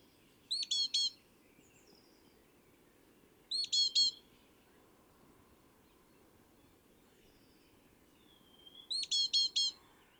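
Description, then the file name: Great tit calls: three short bursts of a few rapid, stacked notes, near the start, middle and end, over a faint low background hiss. "Parus major"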